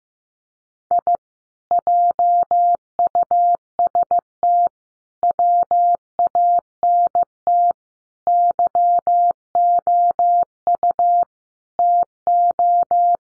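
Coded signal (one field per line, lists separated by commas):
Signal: Morse code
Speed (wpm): 15 wpm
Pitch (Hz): 700 Hz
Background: none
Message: I JUST WANT YOU TO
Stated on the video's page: Morse code head-copy practice at 15 wpm: sets of common five-word groups, each sent in Morse, then spoken, then sent again.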